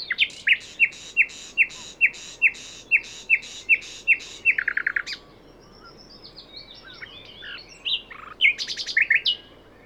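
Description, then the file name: Common nightingale song: a steady series of loud, sharp notes in quick succession, then a quick rattle, a pause and a final burst of varied notes. "Luscinia megarhynchos"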